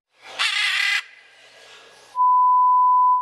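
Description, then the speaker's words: Macaw giving a harsh, raspy shriek lasting about half a second, fading into a softer rasp, then a steady electronic beep tone. Played example of a macaw call. "And if you think Tarantino is exaggerating, this is what a macaw call sounds like."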